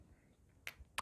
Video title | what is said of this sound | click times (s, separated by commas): Civivi Rustic Gent Review | and snaps into place with that back lock. | 1.0 s